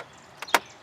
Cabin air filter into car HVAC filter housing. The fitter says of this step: we're gonna push it just till it clicks and that's it